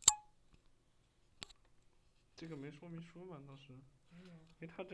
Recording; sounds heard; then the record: poultry house recording; no chicken sound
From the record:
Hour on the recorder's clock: 12